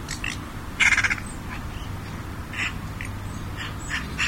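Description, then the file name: Eurasian magpie making a rapid rattling chatter of harsh pulses near one second, followed by a few isolated rasping notes, with low rumble underneath. "Pie bavarde"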